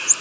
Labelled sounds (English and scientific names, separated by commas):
Prothonotary Warbler (Protonotaria citrea) flight call